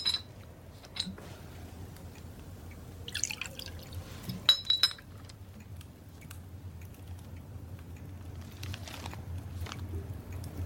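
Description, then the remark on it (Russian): Liqueur trickles and drips into a glass, with a few sharp glassy clinks in the middle, over a low steady hum with no talking. “у графа наливает, подает графу наливку.”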